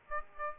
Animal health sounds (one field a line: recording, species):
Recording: mosquito wingbeat signal from an infrared sensor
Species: Aedes aegypti